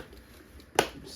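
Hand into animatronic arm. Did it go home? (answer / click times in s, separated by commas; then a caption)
yes / 0.8 s. The right hand of a Spirit Halloween Dark Princess animatronic figure is slid up inside the sleeve and arm. Soft handling knocks come first, then a sharp snap at 0.8 s as the hand seats in the arm.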